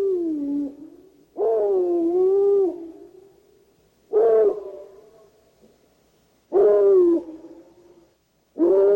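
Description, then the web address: Dog howls: several long, wavering harmonic tones with slightly sliding pitch, each fading out, repeated every few seconds. "Halloween Haunted House. Dogs"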